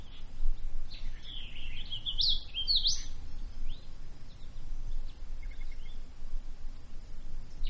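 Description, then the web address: Bird singing one loud, rapid warbled phrase of sharp up-and-down notes, followed later by a short quiet series of pulsed notes, over low background rumble. Quiet woods. "Manhattan Production Music. Woods Quiet Bird Song Cricket"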